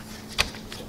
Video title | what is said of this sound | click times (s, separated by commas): Dell Optiplex 9020 SFF - How to replace the CPU and thermal paste | that's good and now let's connect the fan header back in clicks | 0.4 s